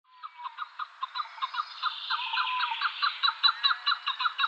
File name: Alectoris chukar